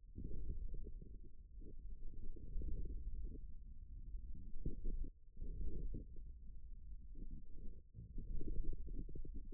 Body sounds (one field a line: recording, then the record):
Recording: forearm muscle sounds (acoustic myography)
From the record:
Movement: forearm supination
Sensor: system 1, eight BSWA MPA416 microphones around the upper forearm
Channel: 6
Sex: male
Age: 41 years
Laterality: right